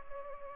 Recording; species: mosquito wingbeat signal from an infrared sensor; Culex pipiens